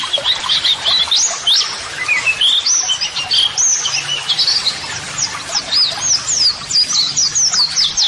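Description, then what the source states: White-eye song: jumbled high whistles and slurs, ending in a fast run of repeated sharp chirps. Pleci singing actively ('gacor'), offered as a 'masteran' model song for training birds to answer, and as 'audio terapi'.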